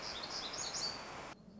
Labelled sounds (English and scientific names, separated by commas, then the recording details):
Black-throated Gray Warbler (Setophaga nigrescens)
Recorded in Sonoma County, California